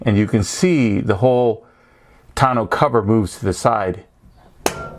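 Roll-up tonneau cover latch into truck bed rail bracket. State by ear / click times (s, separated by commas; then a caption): seated / 4.7 s. Someone talks, then the latch of a roll-up tonneau cover on a 2019-2020 Ranger snaps shut into the truck bed rail bracket on the driver's side with a sharp click at 4.7 s. The latch is engaged, and the whole cover shifts slightly sideways as it latches.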